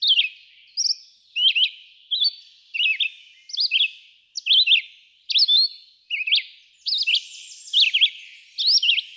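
Red-eyed vireo singing short, choppy whistled phrases of up- and down-slurred notes, each separated by a short gap, delivered at a steady, unhurried pace.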